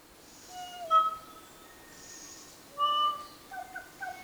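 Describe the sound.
Kōkako song: slow, drawn-out tones, a few held notes separated by pauses.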